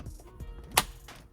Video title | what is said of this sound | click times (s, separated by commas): Lasfit Magnetic Wireless Car Charger - Toyota RAV4 2019-2022 | There we go. You will hear it snap. | 0.8 s